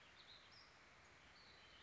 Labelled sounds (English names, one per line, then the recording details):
Warbling Vireo
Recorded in Sonoma County, California